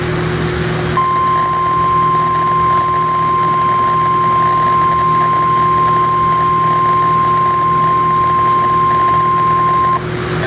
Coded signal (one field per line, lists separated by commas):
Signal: Emergency Alert System (SAME) tones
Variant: 1050 Hz attention tone